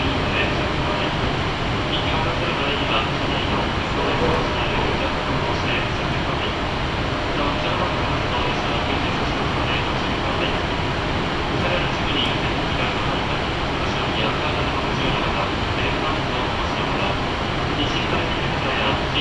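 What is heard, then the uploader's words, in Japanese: A local train on the Chuo West Line runs between Nakatsugawa and Juunikane. A dense, steady rumble holds at an even level throughout, with low roar underneath and brief brighter rattles and squeaks surfacing every few seconds. Faint voices may be mixed in. 中央西線 普通 中津川→十二兼。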